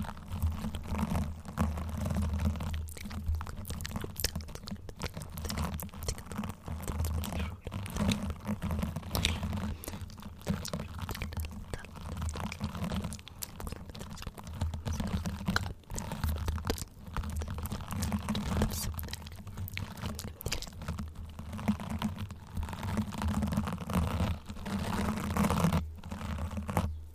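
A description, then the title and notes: Soft unintelligible whispers and wet mouth sounds run throughout, dense and continuous, with crisp crinkly clicks and short crunchy taps scattered irregularly across the clip. A steady low hum sits underneath the whole time, and the level stays fairly even. There are quite a bit of mouth sounds, and I also added in random triggers I’ve been wanting to try out.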